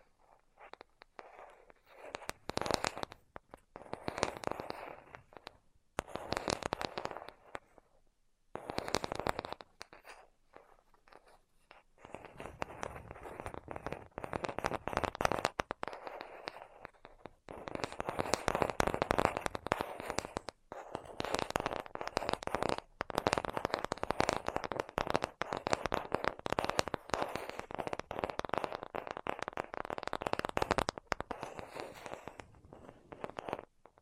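Tapping and crinkly scratching come in quick dense bursts, sparse with pauses early on, then nearly continuous and fairly bright after fifteen seconds.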